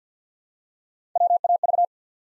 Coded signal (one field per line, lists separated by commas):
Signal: Morse code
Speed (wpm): 54 wpm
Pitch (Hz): 700 Hz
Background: none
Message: WAV